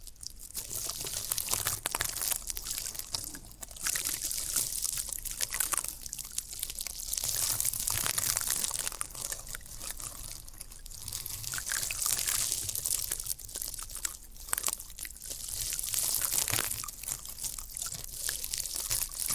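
Floral foam being pressed and broken, giving a dense run of crisp, crackling crunches that keeps on through the whole clip. The sound is bright and hissy, swelling and easing in short bursts, with brief quieter gaps near 4, 10 and 15 seconds and a faint low rumble underneath.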